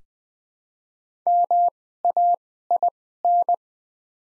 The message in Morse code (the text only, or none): MAIN